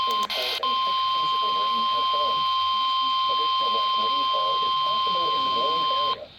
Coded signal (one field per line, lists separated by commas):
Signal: Emergency Alert System (SAME) tones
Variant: 1050 Hz attention tone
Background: speech